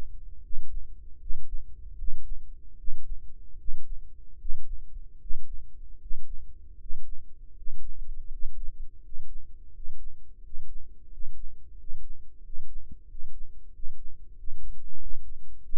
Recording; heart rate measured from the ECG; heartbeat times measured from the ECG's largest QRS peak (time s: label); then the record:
heart sounds by microphone in the right ear; 83 bpm
0.40 s: heartbeat
1.17 s: heartbeat
1.95 s: heartbeat
2.75 s: heartbeat
3.56 s: heartbeat
4.37 s: heartbeat
5.18 s: heartbeat
5.98 s: heartbeat
6.77 s: heartbeat
7.53 s: heartbeat
8.27 s: heartbeat
9.00 s: heartbeat
9.70 s: heartbeat
10.40 s: heartbeat
11.08 s: heartbeat
11.75 s: heartbeat
12.40 s: heartbeat
13.05 s: heartbeat
13.70 s: heartbeat
14.34 s: heartbeat
14.97 s: heartbeat
15.60 s: heartbeat
From the record:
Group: healthy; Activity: breath hold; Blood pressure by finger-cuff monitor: 108/72 mmHg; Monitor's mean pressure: 79 mmHg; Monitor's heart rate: 78 bpm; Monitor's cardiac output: 6.4 L/min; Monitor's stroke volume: 79 mL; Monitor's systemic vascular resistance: 800 dyn s/cm5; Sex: male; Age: 35 years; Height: 180 cm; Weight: 86.9 kg